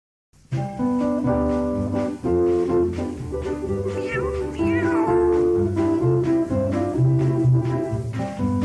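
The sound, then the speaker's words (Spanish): A few drawn-out cat meows with gliding pitch rise over steady, loud instrumental music, the clearest cries arriving around the middle of the passage. “Fenómeno arquitectónico que amenaza también a cierto gato encariñado con las callejuelas torcidas.”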